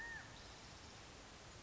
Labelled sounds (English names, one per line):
California Quail